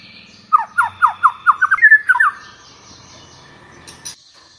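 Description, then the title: White-rumped shama song: a quick series of several downslurred whistled notes. Lure sound meant to make a white-rumped shama respond and sing vigorously ('gacor'). "PANCINGAN MURAI BATU GACOR LANGSUNG RESPON"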